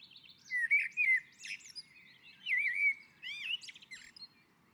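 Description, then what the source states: Common blackbird singing rich, slurred whistled phrases with shrill twittered accents. On a roof.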